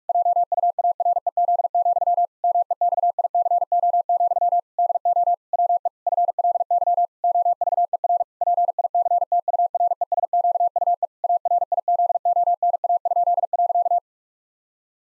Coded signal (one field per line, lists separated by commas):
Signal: Morse code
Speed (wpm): 46 wpm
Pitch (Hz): 700 Hz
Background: none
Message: JUAREZ, MEXICO, DO WE FLY OVER PICTURESQUE ARIZONA?.